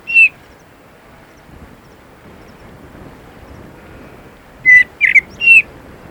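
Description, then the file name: Common blackbird calls: one short harsh note at the start, then a quick burst of a few scratchy, squawking notes near the end, over a low background rumble. "Turdus merula"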